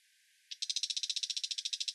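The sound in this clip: Brown shrike starting abruptly into a loud, fast, grating chatter of sharp pulsed notes after half a second of quiet.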